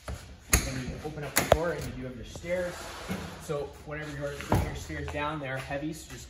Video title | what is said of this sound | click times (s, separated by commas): 2023 FOREST RIVER CHAPARRAL LITE 30BHS STOCK # 13368 | get inside the unit you are just taking this assist handle pushing it up holding at 90° it'll lock into place and you | 0.5 s